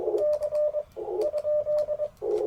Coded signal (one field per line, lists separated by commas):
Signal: Morse code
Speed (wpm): 22 wpm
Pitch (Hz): 600 Hz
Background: none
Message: C ?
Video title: Morning Morse Code at Chewacla State Park K-1038 - 11/13/23